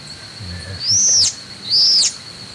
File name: Vireo leucophrys - Brown-capped Vireo